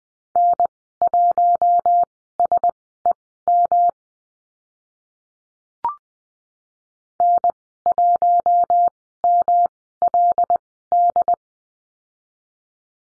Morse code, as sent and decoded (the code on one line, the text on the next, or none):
-. .---- ... . -- / -. .---- -- .-.. -..
N1SEM N1MLD